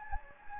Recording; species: mosquito wingbeat signal from an infrared sensor; Anopheles gambiae